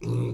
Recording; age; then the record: pig call; weaner (32 to 43 days)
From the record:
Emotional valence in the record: negative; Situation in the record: short isolation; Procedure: open field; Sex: female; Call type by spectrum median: low-frequency call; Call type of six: low-frequency stable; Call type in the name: low-frequency stable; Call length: 0.34 s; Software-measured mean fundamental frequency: 59 Hz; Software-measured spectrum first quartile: 121 Hz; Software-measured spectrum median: 186 Hz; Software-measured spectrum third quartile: 422 Hz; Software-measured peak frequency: 123 Hz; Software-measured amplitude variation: 73 dB a second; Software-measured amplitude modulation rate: 29.6 a second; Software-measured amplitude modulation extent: 2.5 dB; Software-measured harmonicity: -6.5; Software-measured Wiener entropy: -0.61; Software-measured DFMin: 1167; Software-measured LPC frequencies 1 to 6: 292, 1003, 2453, 3775, 5108, 5923 Hz